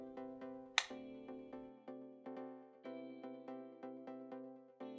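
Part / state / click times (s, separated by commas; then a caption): RJ45 ethernet plug into router Internet port / seated / 0.8 s. Background music with repeated chiming notes plays while the plastic RJ45 plug of a broadband Ethernet cable is pushed into the Internet port of a TP-Link EN020-F5 router. A single sharp, bright click at 0.8 s is the latch snapping home, and the plug is seated.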